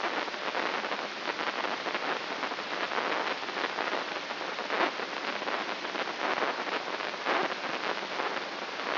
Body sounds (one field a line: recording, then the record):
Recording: brain microelectrode recording played as sound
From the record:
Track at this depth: inside the subthalamic nucleus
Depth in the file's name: 5.829 mm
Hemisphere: left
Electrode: 3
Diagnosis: Parkinson's disease